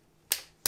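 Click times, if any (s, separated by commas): 0.3 s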